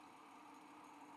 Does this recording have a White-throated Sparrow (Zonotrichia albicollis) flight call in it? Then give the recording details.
no. No flight call is heard. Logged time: 07:42 on 5 December 2014